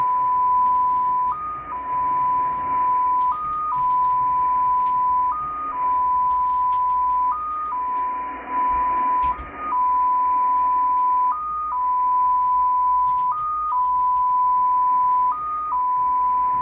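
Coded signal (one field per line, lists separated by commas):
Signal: numbers station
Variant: XPA2 polytone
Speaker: so not a lot of info once again uh this is short I've heard much longer messages so it seems that today there's nothing for the spies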